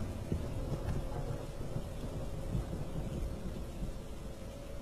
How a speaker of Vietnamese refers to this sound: Không biết ngủ được bao lâu, trời vẫn còn mưa.